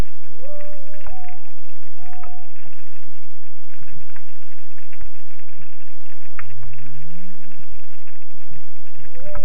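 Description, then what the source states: Humpback whale song units: wavering mid-pitched whistles early on, a low upswept groan near the end, and a new whistle starting, with constant crackling clicks behind. Recorded 6 June 2017.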